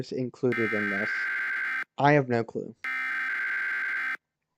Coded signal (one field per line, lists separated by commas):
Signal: Emergency Alert System (SAME) tones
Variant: header bursts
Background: speech